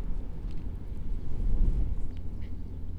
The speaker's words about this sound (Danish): Ej, hvor det blæser i dag. Men solen skinner. Jeg sidder nede på torvet.